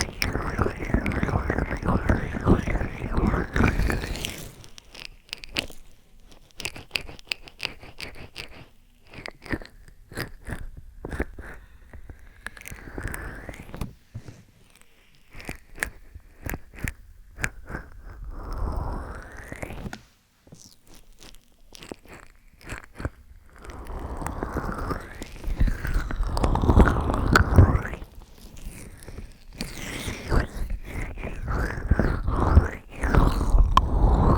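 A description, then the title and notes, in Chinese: Ear cleaning with a fluffy brush alongside massage, full of close crunchy scratching and rubbing. Dense, rapid clicks and scrapes come in bursts, thinning out around the middle with short swishing sweeps, then growing thick and loud again in the last ten seconds. 梵天掏耳和按摩。3D按摩与掏耳一起来。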